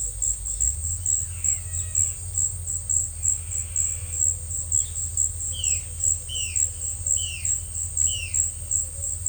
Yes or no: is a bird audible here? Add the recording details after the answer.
yes. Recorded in secondary vegetation near Puerto Asís, Putumayo, Colombia, on 22 December 2024 at 17:00. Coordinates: 0.499, -76.323. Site G010